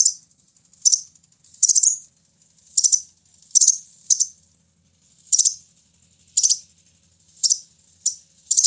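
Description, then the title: Sunbird giving thin, buzzy high chirps, some doubled, repeated roughly every second in an uneven, steady series over near silence. "kicau kolibri"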